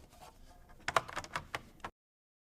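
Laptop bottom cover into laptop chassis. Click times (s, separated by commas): 0.9 s, 1.0 s, 1.6 s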